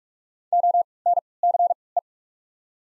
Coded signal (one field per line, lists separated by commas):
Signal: Morse code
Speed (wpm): 44 wpm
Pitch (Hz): 700 Hz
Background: none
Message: O N C E